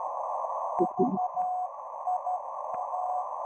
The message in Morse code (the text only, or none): VIA